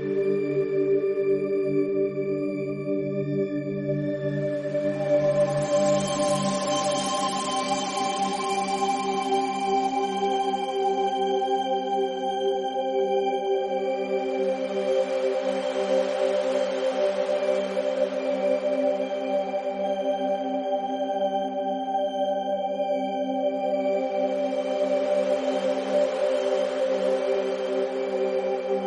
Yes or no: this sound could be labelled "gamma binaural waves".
yes